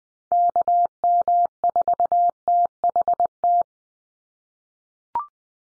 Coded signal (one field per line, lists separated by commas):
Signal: Morse code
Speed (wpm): 20 wpm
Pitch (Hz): 700 Hz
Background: none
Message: KM4THT